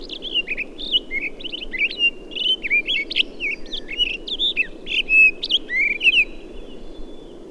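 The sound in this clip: Townsend's solitaire, a sustained run of sweet high whistles and quick warbled slurs, rambling continuously with little pause, over light background hiss.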